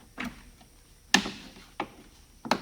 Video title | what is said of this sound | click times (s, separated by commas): CMM Offroad Tailgate Desnubber Install | a little bit of pressure everything will snap right in | 1.1 s, 1.8 s, 2.5 s